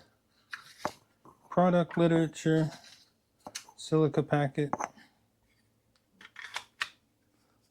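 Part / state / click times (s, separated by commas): fixed blade knife into kydex sheath / seated / 6.8 s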